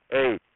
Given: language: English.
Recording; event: throat vibration sensor signal played as sound; speech